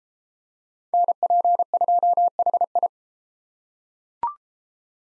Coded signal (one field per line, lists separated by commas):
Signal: Morse code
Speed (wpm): 29 wpm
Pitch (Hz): 700 Hz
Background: none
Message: NP2HI